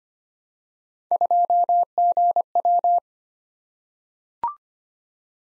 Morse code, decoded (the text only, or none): 2GW